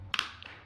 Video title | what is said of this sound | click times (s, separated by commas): IG197 F56 Springs and Struts installation | this just snaps into place like that | 0.1 s, 0.2 s